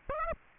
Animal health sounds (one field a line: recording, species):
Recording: mosquito wingbeat signal from an infrared sensor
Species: Aedes aegypti